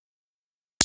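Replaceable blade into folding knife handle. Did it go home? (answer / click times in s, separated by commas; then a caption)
yes / 0.8 s. A replaceable curved steel blade is slid into the blade holder of a folding knife handle. After near silence, a single sharp snap at 0.8 s shows the blade seated and locked in place.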